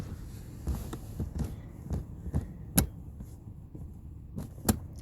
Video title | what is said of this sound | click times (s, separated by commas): How to fit Peg Perego Viaggio Flex into a car | you heard the click but you can also see if you look just on the top there's a little green light so | 2.8 s, 4.7 s